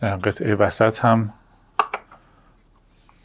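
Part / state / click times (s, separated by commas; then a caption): middle 3D game board section into surrounding board sections / seated / 1.8 s. Someone talks while fitting the middle section of a 3D game board between the surrounding board sections. A sharp click at 1.8 s, followed by two softer taps, marks the middle piece locking into place, and the board sections now sit together.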